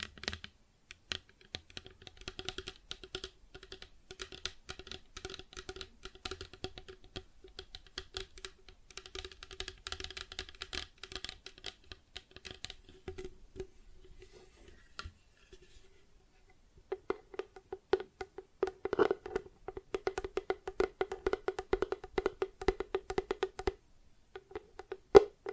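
Plastic objects tap and scratch in rapid, dense clusters, going quiet briefly around fifteen seconds, then resuming with a steady low ringing tone.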